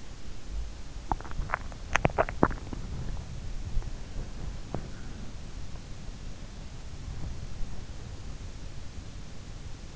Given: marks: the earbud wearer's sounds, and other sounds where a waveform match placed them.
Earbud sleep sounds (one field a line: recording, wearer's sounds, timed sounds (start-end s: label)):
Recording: sounds in sleep by an in-ear microphone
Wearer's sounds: teeth grinding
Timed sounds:
0.00-3.75 s: teeth grinding